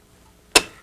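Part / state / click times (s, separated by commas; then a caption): vacuum handle into upright locked position on the base / seated / 0.6 s. The plastic handle of a Fantom Thunder canister-upright vacuum is raised into its upright position on the base. After near silence, a single sharp, bright click sounds at 0.6 s and fades quickly. The handle latches and locks upright.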